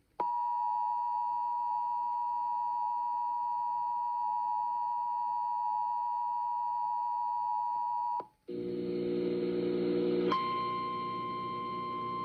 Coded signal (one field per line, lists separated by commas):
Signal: Emergency Alert System (SAME) tones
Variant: 853 and 960 Hz attention tone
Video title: Severe Summer Stockpile || EAS Alerts from 7/13/23 || EAS 740-779